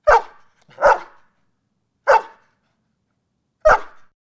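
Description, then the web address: Large dog producing four loud, hoarse barks at uneven intervals, the last one followed by a brief softer grunt. "large dog barking"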